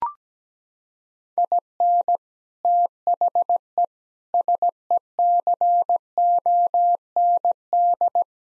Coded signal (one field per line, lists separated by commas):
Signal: Morse code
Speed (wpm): 17 wpm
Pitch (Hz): 700 Hz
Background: none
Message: IN THE SECOND